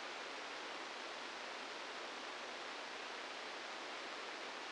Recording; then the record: brain microelectrode recording played as sound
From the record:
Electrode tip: outside the subthalamic nucleus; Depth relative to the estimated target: 1 mm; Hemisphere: left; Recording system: NeuroSet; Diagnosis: Parkinson's disease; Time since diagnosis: 15 years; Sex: female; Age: 59 years